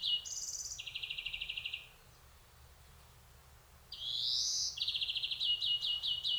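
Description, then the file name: European greenfinch calling: a quick pitch-jumping phrase and a fast rattled trill, a pause, then a rising nasal wheeze followed by a stuttering series of trilled notes. "Chloris chloris"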